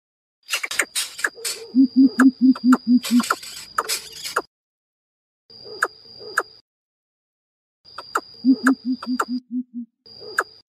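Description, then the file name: Greater coucal hooting calls, two rapid runs of low, even hoots, with rasping bursts around the first run and sharp clicks between the runs. Chick calling its mother. "Tieng bim bip non keu goi me"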